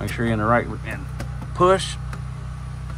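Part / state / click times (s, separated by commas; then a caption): circuit breaker into breaker panel bus bar / not seated / none. A double-pole circuit breaker is being handled at a breaker box, hooked in and rocked down toward the bus bar, while someone talks. Two short sharp sounds come at about 2.1 s and 2.9 s over a steady low hum. Nothing has seated or clicked onto the bus bar yet.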